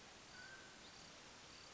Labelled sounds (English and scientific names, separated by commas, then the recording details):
Mountain Quail (Oreortyx pictus)
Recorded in Sonoma County, California